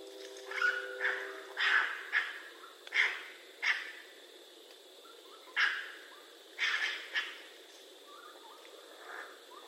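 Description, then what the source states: Raccoon calls: harsh, breathy bursts, some rough and doubled, coming in an irregular series of about ten over several seconds, with faint chirps in the background. Recorded 22 September 2011.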